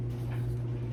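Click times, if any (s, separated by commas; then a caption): none. A styling attachment for an Ion 4-in-1 AirStyler hair dryer and styler is being aligned by its arrows and pushed onto the handle. A steady low hum with strong tones near 100–150 Hz and 350 Hz continues throughout, with no sudden sounds. Nothing has seated or clicked yet.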